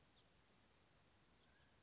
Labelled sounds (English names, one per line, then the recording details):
House Finch
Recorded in Sonoma County, California